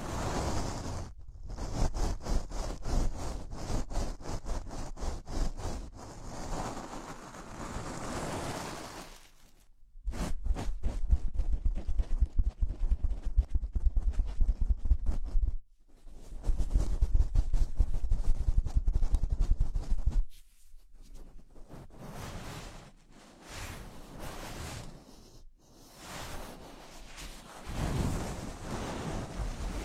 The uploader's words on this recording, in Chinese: 手套 使用6种不同手套为你耳膜按摩。